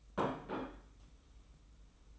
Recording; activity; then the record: daily activity, microphone in the room; place plate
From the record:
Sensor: 1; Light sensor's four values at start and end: 21/47/21/22 and 21/46/21/22